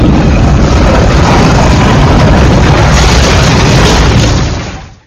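An AGR BWG25 shallot peeling machine from Agrowindo, peeling fresh shallots, runs with a loud, steady, rumbling mechanical roar that stays constant for several seconds before fading out at the very end, with no voices.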